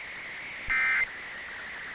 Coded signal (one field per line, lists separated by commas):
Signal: Emergency Alert System (SAME) tones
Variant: end-of-message bursts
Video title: [EAS #2218-2237] RWTs & RMTs from the week of 2/27/23